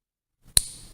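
The cap of a Waterman Carène Coral Red fountain pen is pushed onto the pen body and clicks into place at 0.6 s with a sharp, loud snap. A brief bright ring follows and fades by about 1.0 s, with the cap seated.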